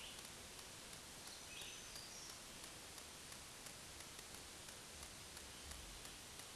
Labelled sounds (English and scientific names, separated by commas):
Black-throated Green Warbler (Setophaga virens) song